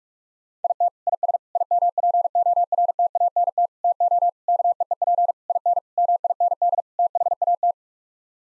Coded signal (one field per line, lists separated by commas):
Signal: Morse code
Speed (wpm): 47 wpm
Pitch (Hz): 700 Hz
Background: none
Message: IT IS IMPORTANT TO KEEP IN MIND THAT